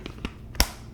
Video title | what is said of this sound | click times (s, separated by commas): Momcozy M9 Mobile Flow Breast Pump Review | hear that? It's a snap. | 0.6 s